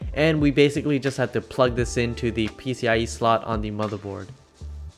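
A PCIe riser cable connector is handled over the motherboard's PCIe x16 slot during an NZXT H1 SFF PC case build, ready to be pushed in until the slot's retention clip clicks shut. Someone talks over background music throughout. Nothing has seated or clicked yet by the end of the clip.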